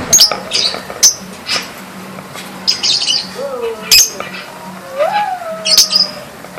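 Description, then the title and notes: Bird calls: a mix of harsh squawks, short high chirps and a few lower sliding, whistled notes, spread irregularly throughout over a faint steady hum. "Bird Sound. Kicau Burung Lengkap"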